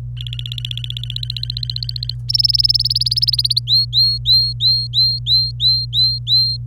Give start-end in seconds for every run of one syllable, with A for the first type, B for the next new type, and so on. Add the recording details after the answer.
0.17-2.14 A, 2.29-3.60 B, 3.67-6.57 C. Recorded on 26 April 2018 at 11:39. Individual llb3